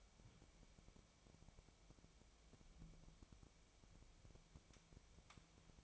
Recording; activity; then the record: daily activity, microphone in the room; wipe stove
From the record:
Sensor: 1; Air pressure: 1001.6 hPa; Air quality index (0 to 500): 218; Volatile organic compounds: 27 ppm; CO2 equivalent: 2892 ppm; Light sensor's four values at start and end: 7/28/10/11 and 7/28/10/11